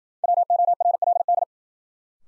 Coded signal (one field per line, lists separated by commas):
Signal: Morse code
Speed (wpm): 53 wpm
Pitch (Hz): 700 Hz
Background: none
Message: WORLD